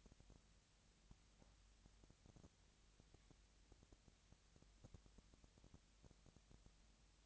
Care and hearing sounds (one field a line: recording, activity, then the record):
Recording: daily activity, microphone in the room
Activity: no activity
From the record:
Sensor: 3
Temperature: 20.6 degrees Celsius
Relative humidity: 35.7%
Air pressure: 998.8 hPa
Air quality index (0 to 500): 236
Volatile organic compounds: 71 ppm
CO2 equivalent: 3526 ppm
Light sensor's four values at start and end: 2/3/2/2 and 2/3/2/2